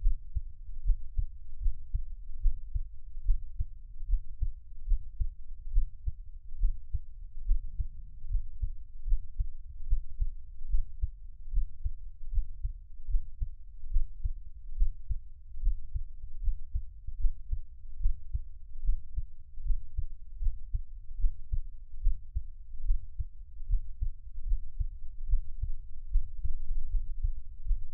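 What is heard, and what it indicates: Steady, muffled low thumps of an adult's own heartbeat, about 73 beats a minute, recorded close up with no talking, as ASMR.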